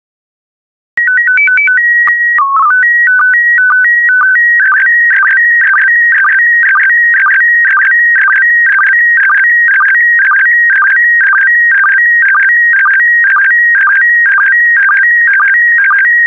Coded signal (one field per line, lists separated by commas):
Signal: SSTV (slow-scan television)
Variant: PD 120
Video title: 65070 Japan Volume I SSTV PD120